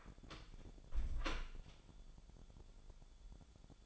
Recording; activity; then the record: daily activity, microphone in the room; close door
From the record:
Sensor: 5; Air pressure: 1015.3 hPa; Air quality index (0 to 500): 218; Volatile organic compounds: 12 ppm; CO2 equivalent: 2367 ppm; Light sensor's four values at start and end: 35/80/32/31 and 35/80/32/31